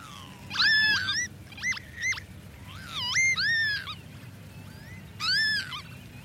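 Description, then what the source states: Northern lapwing calls: several slurred, wheezy notes that swoop up and down, given in bursts with short gaps over a low background rumble. Song described as eerie and witchy.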